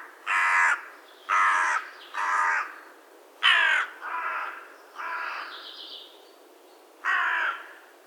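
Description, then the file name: Carrion crow giving harsh, grating caws in an uneven series of seven, some shorter and softer, with a faint higher note between them. "Corvus corone"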